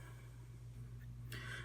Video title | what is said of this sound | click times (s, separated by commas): SaberKraft "SaberMount IRIS" Covertech Belt System Review | I love that satisfying click. | 1.3 s